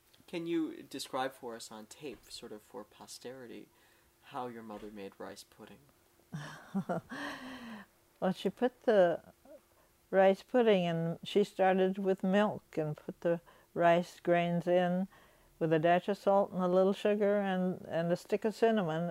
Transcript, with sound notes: Can you describe for us on tape, sort of for posterity, how your mother made rice pudding?
(she laughs) Well, she put the rice pudding in, she started with milk and put the rice grains in with a dash of salt and a little sugar and, and a stick of cinnamon.